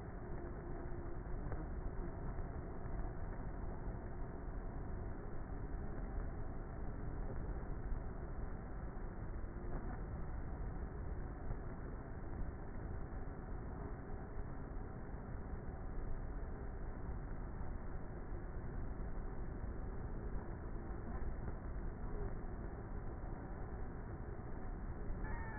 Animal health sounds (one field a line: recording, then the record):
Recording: honeybee colony, microphone inside the hive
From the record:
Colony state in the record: queenless with a low population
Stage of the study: before two queens were removed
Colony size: about 30,000 bees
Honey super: no